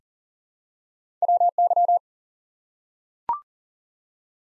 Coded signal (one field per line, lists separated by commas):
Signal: Morse code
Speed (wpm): 39 wpm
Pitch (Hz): 700 Hz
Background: none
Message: WY